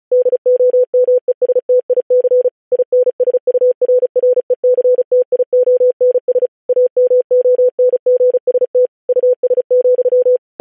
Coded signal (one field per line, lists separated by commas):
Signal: Morse code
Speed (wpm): 36 wpm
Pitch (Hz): 500 Hz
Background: none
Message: DOMESTIC INSURRECTIONS AMONGST US,